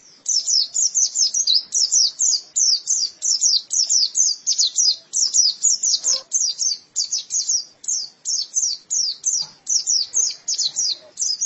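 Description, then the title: White-eye singing a fast, thin, high twitter in rapid clusters, repeated steadily throughout. "Kicauan Burung Pleci"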